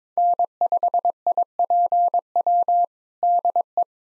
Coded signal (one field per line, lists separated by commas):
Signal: Morse code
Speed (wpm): 22 wpm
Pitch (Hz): 700 Hz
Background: none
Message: N5IPW DE